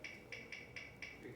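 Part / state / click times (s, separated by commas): ratchet on the thimble of a micrometer screw gauge / torque reached / 0.0 s, 0.3 s, 0.5 s, 0.8 s, 1.0 s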